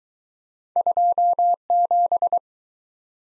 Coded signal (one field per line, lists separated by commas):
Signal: Morse code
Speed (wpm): 22 wpm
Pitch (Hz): 700 Hz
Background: none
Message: 27